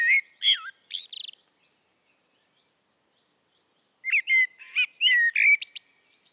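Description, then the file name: Common blackbird singing two phrases of mellow whistled notes that break into thin, scratchy high twittering, separated by a quiet pause of a few seconds. "Turdus merula"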